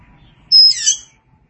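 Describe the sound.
Oriental magpie-robin song: a single pure high whistle followed at once by a short, buzzy, twittering flourish, then silence.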